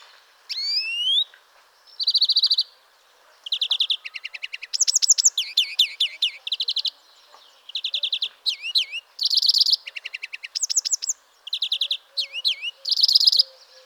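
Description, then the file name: European greenfinch song: a rapid run of twittering trills and chirps in varied bursts, opening with a sharp rising note, with brief pauses between phrases throughout. "Chloris chloris"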